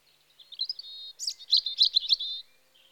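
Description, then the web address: European robin song opening with a level, wavering whistle, then a lively run of high, fast, tinkling notes ending on a drawn-out tone. Spring. "BBC Sound Effects Library Birds Robin (Erithacus Rubecula) Spring"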